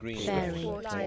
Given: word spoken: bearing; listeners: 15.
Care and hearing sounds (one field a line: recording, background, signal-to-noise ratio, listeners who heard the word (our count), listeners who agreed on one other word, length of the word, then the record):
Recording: one English word in noise, from a listening test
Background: four-talker babble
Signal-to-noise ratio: 0.2 dB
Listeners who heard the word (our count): 0 of 15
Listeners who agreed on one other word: 7 of 15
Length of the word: 0.67 s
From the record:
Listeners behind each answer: 7, 3, 2, 1, 1, 1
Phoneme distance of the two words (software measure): 27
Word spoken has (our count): 2 syllables, 5 phonemes, stress on syllable 1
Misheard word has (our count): 2 syllables, 4 phonemes, stress on syllable 1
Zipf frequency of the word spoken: 4.17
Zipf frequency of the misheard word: 4.16